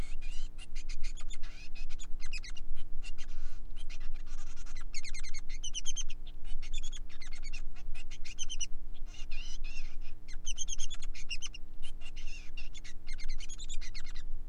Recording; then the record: song of a male Bengalese finch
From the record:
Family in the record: son of father 3